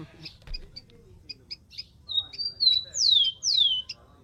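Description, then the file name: Rufous-collared sparrow song: soft chips, then short level whistles and two loud, sharply falling whistles. "canto do tico tico"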